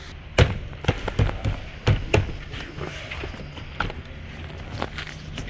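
An interior door panel on a Chevy truck is pushed against the door so its plastic retaining clips snap into their holes in the door frame. Sharp clicks are heard at 0.4, 0.9, 1.9, 2.1, 3.8 and 4.8 seconds, and the panel ends up seated.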